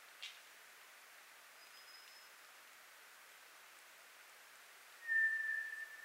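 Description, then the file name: White's thrush song: one long, pure, level whistle near the end, after a faint high thin whistle and a brief tick earlier. Recorded 24 April 2010. "toratugumi 20100424"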